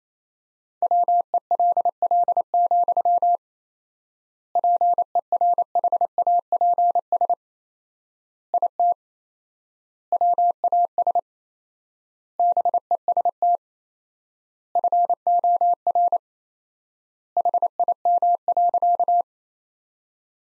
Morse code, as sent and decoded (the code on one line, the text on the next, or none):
.-- . .-.. .-.. --..-- / .--. . .-. .... .- .--. ... / .. - / .-- .- ... / -... . ... - / ..-. --- .-. / .... .. -- .-.-.-
WELL, PERHAPS IT WAS BEST FOR HIM.